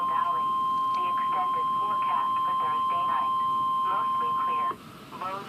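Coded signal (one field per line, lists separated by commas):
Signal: Emergency Alert System (SAME) tones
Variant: 1050 Hz attention tone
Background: speech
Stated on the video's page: Required Weekly Test of the Emergency Alert System.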